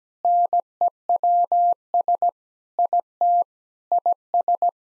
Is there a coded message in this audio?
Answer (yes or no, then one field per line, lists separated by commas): yes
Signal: Morse code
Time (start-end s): 0.2-4.7 s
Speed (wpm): 17 wpm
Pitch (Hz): 700 Hz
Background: none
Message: NEWS IT IS